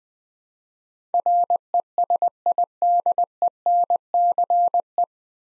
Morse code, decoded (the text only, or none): RESIDENCE